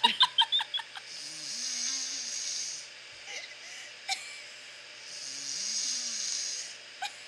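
Two long, breathy inhalations with a low droning flutter, about four seconds apart: typical snoring from an adult sleeper.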